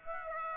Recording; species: mosquito wingbeat signal from an infrared sensor; Aedes aegypti